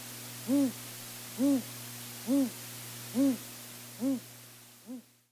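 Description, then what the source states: Great Gray Owl giving a series of six deep, evenly spaced hoots, roughly one per second, the last ones fading, over a constant low hum. Minnesota's largest owl, a non-game species; nests in abandoned stick nests built by other large hawks or owls; in winter found in spruce-tamarack bogs and lowland black ash areas.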